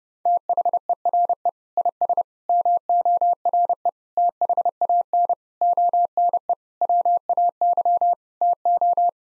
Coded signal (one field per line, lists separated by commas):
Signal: Morse code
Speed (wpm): 32 wpm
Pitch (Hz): 700 Hz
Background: none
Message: THERE IS MORE THAN ONE WAY TO